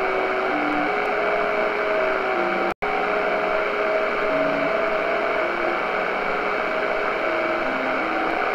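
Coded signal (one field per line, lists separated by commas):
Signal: JT65, JT9 or WSPR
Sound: faint tones stepping between pitches under heavy radio hiss, one brief dropout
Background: radio static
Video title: Shortwave Radio: JT65 Communication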